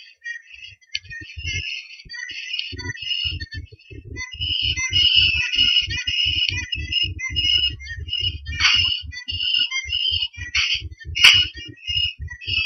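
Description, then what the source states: Whistled bird phrases repeated over a steady low rhythmic thumping, with a few sharp clicks partway through. Recorded at Blayney in 2013.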